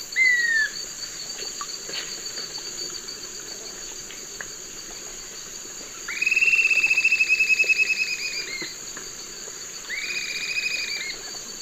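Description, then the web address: Swainson's flycatcher giving a short falling whistle, then a long burry note of about two seconds and a shorter repeat, over a steady high insect drone. Eastern lowlands of South America; calls and song. "Natures Songs S America Eastern Lowlands. Myiarchus swainsoni, calls and song"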